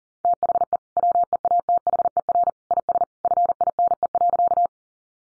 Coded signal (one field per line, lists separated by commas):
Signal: Morse code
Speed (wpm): 37 wpm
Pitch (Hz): 700 Hz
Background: none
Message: THE WEATHER IS FINE.